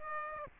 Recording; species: mosquito wingbeat signal from an infrared sensor; Aedes aegypti